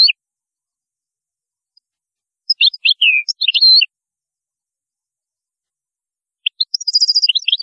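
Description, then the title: European goldfinch song: bouts of rapid liquid twitters and slurred notes separated by silent gaps. "Chant Chardonneret"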